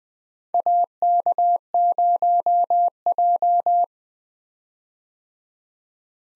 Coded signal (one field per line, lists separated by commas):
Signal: Morse code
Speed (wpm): 20 wpm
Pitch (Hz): 700 Hz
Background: none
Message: AK0J